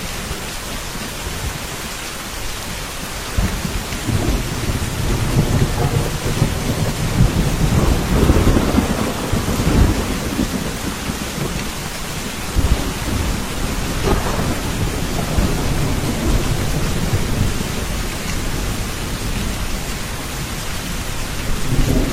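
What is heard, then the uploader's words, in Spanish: Torrential rain pounds a tin roof at night, with low thunder rumbling and swelling from about four seconds on, peaking near eight. Lluvia torrencial Truenos en un tejado de hojalata en el bosque por la noche. Lluvia Torrencial Con Truenos.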